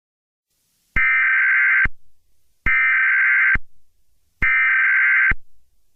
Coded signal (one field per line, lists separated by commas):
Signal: Emergency Alert System (SAME) tones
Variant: header bursts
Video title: EAS Scenario | Shrek Chapter II (#97)